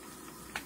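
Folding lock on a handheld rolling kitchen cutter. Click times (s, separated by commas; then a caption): 0.6 s. Someone presses the release button on an Urban Trend Orbit handheld rolling kitchen cutter and turns it so it folds flat for storage. After a quiet stretch, a single short, sharp click sounds at 0.6 s. The folding lock seats flat and locks into place.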